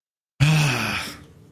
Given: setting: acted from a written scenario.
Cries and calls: vocal sound without words; shame

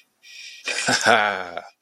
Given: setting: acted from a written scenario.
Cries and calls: vocal sound without words; triumph

